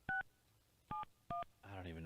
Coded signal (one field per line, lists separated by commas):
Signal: DTMF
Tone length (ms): 140 ms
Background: speech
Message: 671